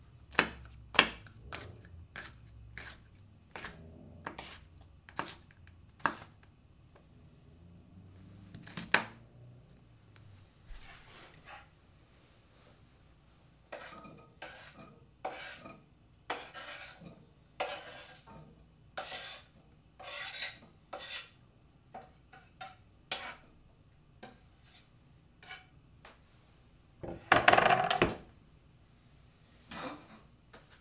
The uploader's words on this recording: Cooking Pasta. It consisted of prepackaged ravioli, asparagus, red pepper, garlic, olive oil, salt and pepper. It is a stereo recording. Cooking a quick meal.